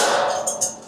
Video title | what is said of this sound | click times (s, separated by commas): SIPAG AT TIYAGA ANG PUHUNAN | naka-lock na siya so | 0.5 s, 0.6 s